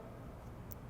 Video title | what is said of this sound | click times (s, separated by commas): MK8 European Tail Light Retrofit w/ Harness! | slide it in just like this and click | 0.7 s